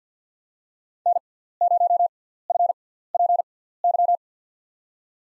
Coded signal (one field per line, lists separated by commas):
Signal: Morse code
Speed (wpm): 50 wpm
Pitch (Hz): 700 Hz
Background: none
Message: N0FPY